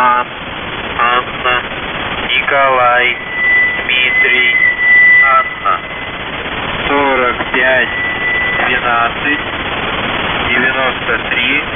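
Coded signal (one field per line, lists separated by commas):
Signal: channel marker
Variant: The Goose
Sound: squawking goose-like honks or voice bursts over a steady whistle tone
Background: radio static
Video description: "The Goose" is a Russian military station that broadcasts on 4310 kHz at daytime and on 3243 kHz at nighttime.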